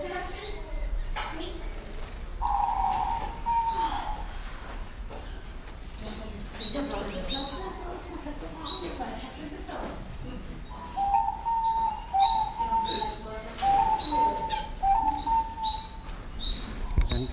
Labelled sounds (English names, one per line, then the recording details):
Star Finch call
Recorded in captivity
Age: adult
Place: Zoo Berlin, Berlin, DE
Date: 1999-07-03 11:52
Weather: fair, 25 - 27°C
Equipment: Sony WM-D6C, Sennheiser ME 80, Kopie Uher 4000 Report Monitor
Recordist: Tembrock, Günter